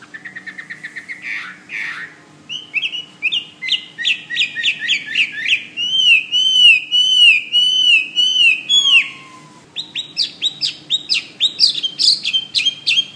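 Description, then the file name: Hwamei song, loud varied whistles: repeated rising notes, a steady run of looping whistled phrases, a low falling whistle, then brisk mixed notes. "omkicau hwamey"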